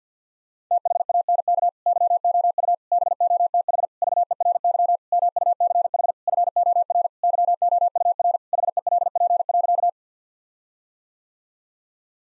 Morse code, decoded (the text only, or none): THANK YOU BOTH VERY MUCH FOR YOUR HELP.